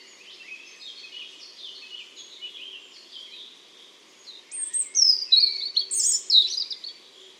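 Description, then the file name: European robin song: faint, wavering warbles at first, then a louder burst of sharp, high whistles and tumbling notes in the last three seconds. "Erithacus rubecula"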